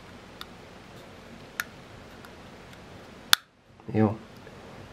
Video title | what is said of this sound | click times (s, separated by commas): Adaptér 230V to USB (USB adapter) 5V - 1.0A | Jo, tak to cvaklo dobře. | 3.3 s